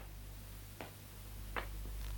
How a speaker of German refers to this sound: Hörst du? Der Totenwurm klopft.